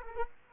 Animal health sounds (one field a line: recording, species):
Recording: mosquito wingbeat signal from an infrared sensor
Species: Culex quinquefasciatus